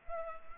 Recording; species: mosquito wingbeat signal from an infrared sensor; Culex pipiens